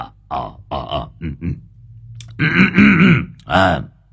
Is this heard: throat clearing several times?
yes